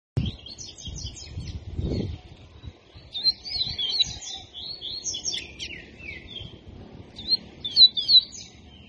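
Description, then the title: Double-collared seedeater delivering high, tumbling chirped phrases in several bursts with short pauses. Faint low knocks and rumble come early. Song style called "tui tui"; bird described as "fibra". "COLEIRO DE GOLA TUI TUI FIBRA"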